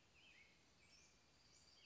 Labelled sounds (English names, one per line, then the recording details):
American Robin
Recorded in Sonoma County, California